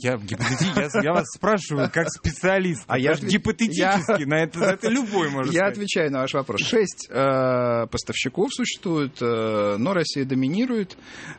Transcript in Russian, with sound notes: Я вас спрашиваю как специалиста. А гипотетически – на это любой может сказать. (смеется)
Я отвечаю на ваш вопрос. 6 поставщиков существует, но Россия доминирует.